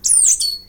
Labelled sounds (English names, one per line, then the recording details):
Stitchbird song
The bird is a male
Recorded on Tiritiri Matangi Island, New Zealand, in 2005
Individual 17, of nest box 25